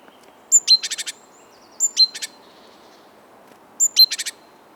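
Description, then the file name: Great tit calls: a high thin note followed by a quick burst of several rapid notes, repeated three times, against a faint background hiss. "Parus major"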